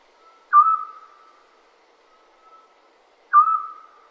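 Scops owl giving a short, pure whistled note, slightly falling, repeated about every three seconds with silence between.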